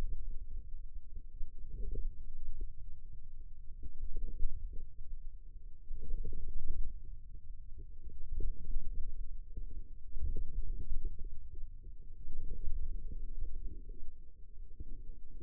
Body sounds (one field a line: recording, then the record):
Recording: forearm muscle sounds (acoustic myography)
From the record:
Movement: ulnar deviation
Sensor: system 2, bracelet of six BSWA MPA416 microphones around the upper forearm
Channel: 2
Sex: male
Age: 22 years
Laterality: right